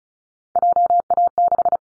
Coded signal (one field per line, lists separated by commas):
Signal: Morse code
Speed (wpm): 34 wpm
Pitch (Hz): 700 Hz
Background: none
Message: JA6